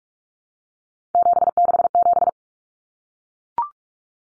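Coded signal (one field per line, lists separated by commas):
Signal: Morse code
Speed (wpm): 44 wpm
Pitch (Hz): 700 Hz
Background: none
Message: 767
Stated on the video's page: Morse head-copy drill of three-digit numbers at 45 wpm, each number sent, spoken, then sent again.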